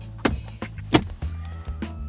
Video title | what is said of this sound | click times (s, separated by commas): Lexus IS350 Touch Screen Replacement! #Lexus | the thing back in the hole from here it should just snap in place just | 0.2 s, 0.9 s